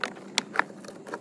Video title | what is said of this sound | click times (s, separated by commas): Ford Ranger Wildtrak Engine service procedure 3.2 TDCI | just as the cover goes in you just do a little click | 0.4 s